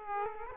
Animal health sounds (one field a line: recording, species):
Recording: mosquito wingbeat signal from an infrared sensor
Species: Aedes aegypti